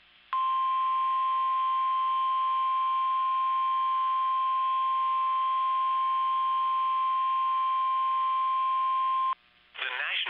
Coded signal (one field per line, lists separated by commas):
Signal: Emergency Alert System (SAME) tones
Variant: 1050 Hz attention tone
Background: speech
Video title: Virtual Eas Severe Thunderstorm Warning